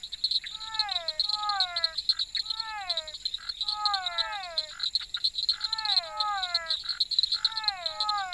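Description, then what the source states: Frogs calling in quick series of downward-bending tonal notes, rich in harmonics, over a steady high insect buzz. Frogs with insects.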